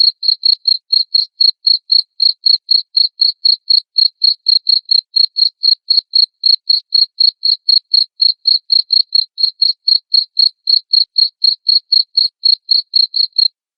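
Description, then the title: Cricket chirping in a loud, continuous series of sharp, high pulses, about four each second, with no other sounds. Loud cricket chirping played to make lovebirds sing continuously. "Suara JANGKRIK NGERIK Keras Bikin LOVEBIRD Jadi NGEKEK Terus Vubey"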